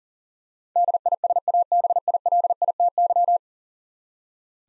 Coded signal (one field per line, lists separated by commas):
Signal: Morse code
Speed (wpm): 37 wpm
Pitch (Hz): 700 Hz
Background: none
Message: DISABILITY